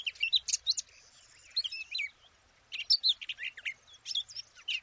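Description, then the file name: Eurasian blackcap giving a few short bursts of sweet slurred whistles and chatter, separated by brief pauses. "Sylvia atricapilla"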